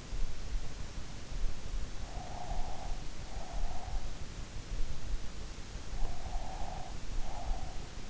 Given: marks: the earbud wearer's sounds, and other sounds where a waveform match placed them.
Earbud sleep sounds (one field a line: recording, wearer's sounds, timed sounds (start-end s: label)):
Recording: sounds in sleep by an in-ear microphone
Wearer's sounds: breath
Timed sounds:
1.98-4.18 s: breath
6.06-8.00 s: breath